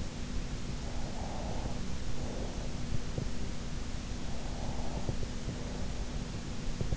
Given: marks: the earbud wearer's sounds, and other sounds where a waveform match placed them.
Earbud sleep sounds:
sounds in sleep by an in-ear microphone; breath
0.50-2.78 s: breath
3.93-6.30 s: breath

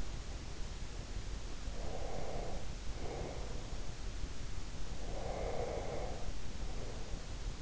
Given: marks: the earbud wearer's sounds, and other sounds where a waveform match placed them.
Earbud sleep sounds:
sounds in sleep by an in-ear microphone; breath
1.63-3.78 s: breath
5.03-7.41 s: breath

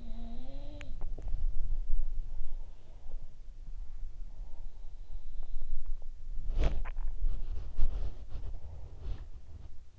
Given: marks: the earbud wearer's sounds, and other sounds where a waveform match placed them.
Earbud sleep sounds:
sounds in sleep by an in-ear microphone; body movement, swallowing
0.00-9.90 s: body movement
0.64-1.58 s: swallowing

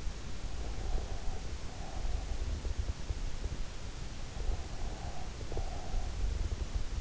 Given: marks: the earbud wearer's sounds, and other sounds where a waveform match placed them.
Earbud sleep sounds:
sounds in sleep by an in-ear microphone; breath
0.19-2.32 s: breath
4.20-6.72 s: breath

